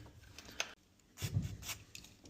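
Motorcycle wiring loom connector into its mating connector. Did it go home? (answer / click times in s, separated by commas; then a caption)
no / none. A multi-pin wiring connector on a motorcycle wiring loom is handled by hand, ready to be pushed into its mating connector during a restrictor kit install. Soft rubbing and plastic handling noises are heard, with a brief sharp tick at 0.6 s and a louder stretch of rustling around 1.2–1.8 s. The connector has not seated or clicked yet.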